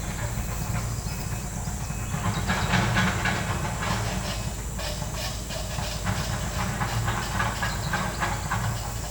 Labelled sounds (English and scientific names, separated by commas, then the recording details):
none
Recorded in pastures near Puerto Asís, Putumayo, Colombia, on 26 December 2024 at 08:30
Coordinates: 0.466, -76.322
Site G040